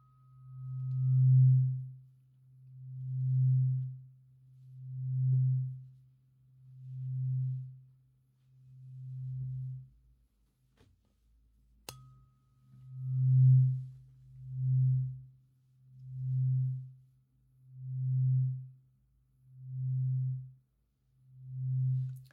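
A low tuning fork tone swells and fades in slow, breath-like waves, roughly every two seconds. Near the middle a sharp click breaks in, a faint higher ring sounds briefly, and the pulses then return a little quicker and steadier.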